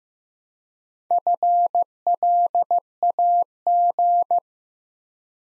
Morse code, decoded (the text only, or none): FLAG